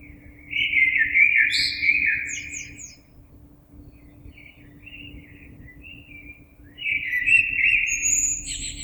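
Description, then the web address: Common blackbird sings a loud fluted warble with high twittered tail notes, soft broken notes during the pause, then begins another phrase; a faint hum stays steady. Recorded 26 April 2022. "oiseaux Merle 2022 04 26"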